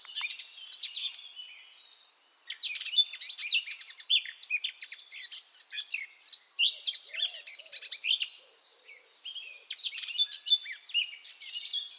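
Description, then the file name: Eurasian blackcap delivering rambling warbled phrases of varied chirps and whistles, broken by a couple of brief lulls. "Sylvia atricapilla"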